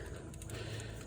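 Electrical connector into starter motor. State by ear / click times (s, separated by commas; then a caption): seated / 0.3 s, 0.4 s, 0.5 s. A plastic electrical connector is plugged onto the starter motor of a 2008 Acura RDX during a starter and battery replacement. Short, sharp clicks at 0.3, 0.4 and 0.5 seconds stand out over a steady low hum. The connector clicks in and is seated.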